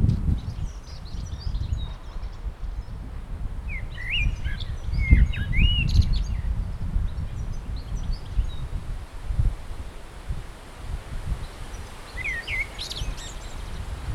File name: Kos z bardzo bliska oraz inne ptaki